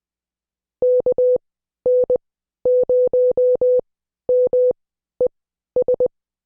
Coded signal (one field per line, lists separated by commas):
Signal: Morse code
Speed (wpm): 20 wpm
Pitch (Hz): 500 Hz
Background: none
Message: KN0MES